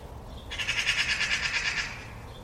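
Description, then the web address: Bird giving a harsh, rasping call made of rapid pulses, lasting about one and a half seconds, over a faint low background hum. "cianscape birddata Deverinetal"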